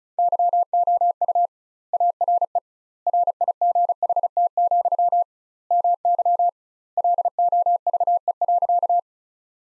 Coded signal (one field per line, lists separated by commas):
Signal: Morse code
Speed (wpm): 34 wpm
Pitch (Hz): 700 Hz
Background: none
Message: YOU ARE RIGHT, MY LOVE.